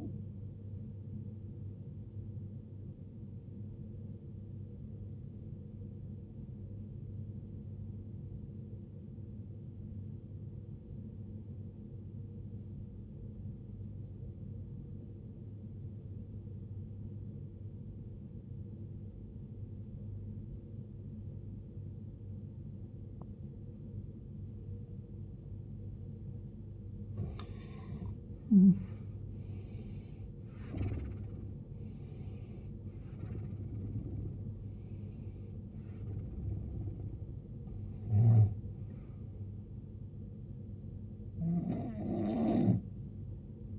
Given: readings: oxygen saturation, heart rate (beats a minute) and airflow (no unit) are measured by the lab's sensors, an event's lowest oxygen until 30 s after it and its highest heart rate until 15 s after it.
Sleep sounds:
breathing in sleep by a smartphone at the bedside; 1
6.00-29.20 s: obstructive apnea (N1, oxygen 94% highest, then 82% lowest, heart rate 58 at the start, 79 highest)
9.00-39.00 s: new sleep stage, N2 (light sleep)
39.00-43.79 s: new sleep stage, N1 (lightest sleep)
From the record:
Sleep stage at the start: N1 (lightest sleep); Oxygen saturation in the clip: 82 to 94%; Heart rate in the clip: 53 to 79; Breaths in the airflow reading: 5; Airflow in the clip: -19.2 to 19.1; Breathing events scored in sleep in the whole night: 389 in 6.3 hours asleep

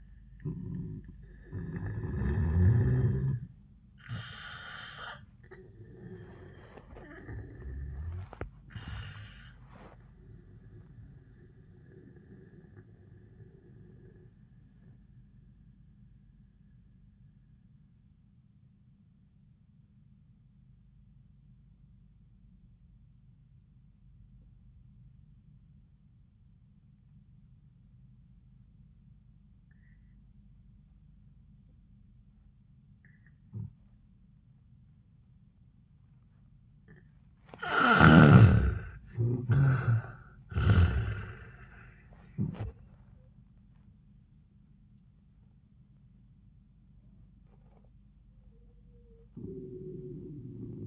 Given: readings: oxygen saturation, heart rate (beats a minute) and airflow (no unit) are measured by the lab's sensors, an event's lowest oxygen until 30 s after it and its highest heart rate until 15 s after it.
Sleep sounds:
breathing in sleep by a smartphone at the bedside; 1
4.00-50.87 s: new sleep stage, N1 (lightest sleep)
8.00-36.90 s: obstructive apnea (N1, oxygen 97% highest, then 74% lowest, heart rate 91 at the start, 97 highest)
From the record:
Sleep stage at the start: N2 (light sleep); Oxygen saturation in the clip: 77 to 97%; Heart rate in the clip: 77 to 97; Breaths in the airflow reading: 3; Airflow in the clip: -14.8 to 9.3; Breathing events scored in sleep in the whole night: 400 in 8.7 hours asleep

